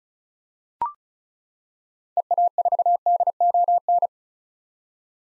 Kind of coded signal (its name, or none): Morse code